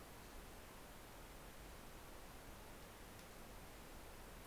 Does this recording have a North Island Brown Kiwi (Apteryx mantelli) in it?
no